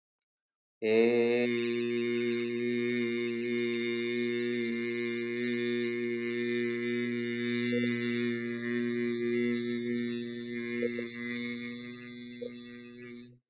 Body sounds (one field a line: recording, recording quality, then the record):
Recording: sustained vowel as in made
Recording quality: excellent, no background noise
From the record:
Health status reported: healthy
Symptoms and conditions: none ticked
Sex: male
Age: 29 years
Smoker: not ticked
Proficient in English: yes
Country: India